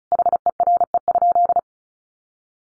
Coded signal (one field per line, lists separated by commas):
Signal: Morse code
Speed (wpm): 34 wpm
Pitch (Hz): 700 Hz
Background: none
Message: HERE?